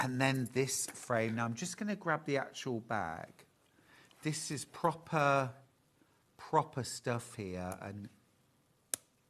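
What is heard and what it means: Someone talks, then the metal kiss-lock clasp on a handbag frame is closed and snaps shut with a single sharp, satisfying click at 8.9 s. The clasp is seated and fully shut.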